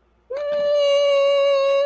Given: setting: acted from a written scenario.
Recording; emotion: vocal sound without words; elation